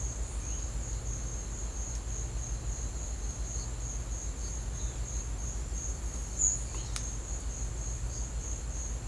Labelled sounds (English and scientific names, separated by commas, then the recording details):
none
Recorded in secondary vegetation near Puerto Asís, Putumayo, Colombia, on 21 December 2024 at 10:00
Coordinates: 0.499, -76.323
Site G010